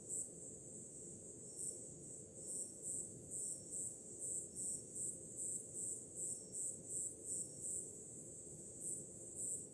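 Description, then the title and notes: Cricket chirping, high and pulsed at nearly three a second, slightly irregular, with steady low surf sound beneath. Crickets with ocean waves in the background on a summer night. "Som do mar ao fundo, grilos e cigarras em uma noite de verão – Ocean, crickets and cicadas in a summer night"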